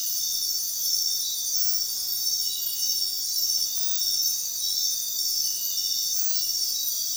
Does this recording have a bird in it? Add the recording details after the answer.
no. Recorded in dense forest near Puerto Asís, Putumayo, Colombia, on 20 February 2024 at 03:30. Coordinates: 0.466, -76.327. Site G6413